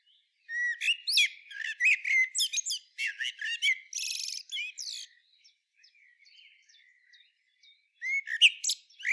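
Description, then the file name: Common blackbird singing quick chirped and slurred notes with a raspy burst near four seconds, then faint notes, then one more loud twittering phrase. "Turdus merula"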